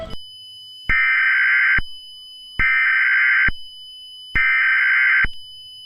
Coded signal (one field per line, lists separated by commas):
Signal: Emergency Alert System (SAME) tones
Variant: header bursts